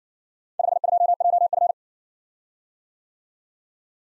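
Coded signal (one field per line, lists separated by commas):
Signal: Morse code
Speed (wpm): 56 wpm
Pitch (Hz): 700 Hz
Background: none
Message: 52JF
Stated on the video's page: Morse practice of four-character letter-number groups, speed-racing format starting at 50 wpm and slowing to a base speed, final repeat at maximum speed.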